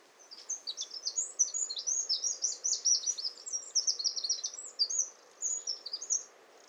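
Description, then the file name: Eurasian wren song, a rapid run of high, sharp trilled and warbled notes that pours out almost without a break for over six seconds, with a soft background hiss. "Troglodytes troglodytes"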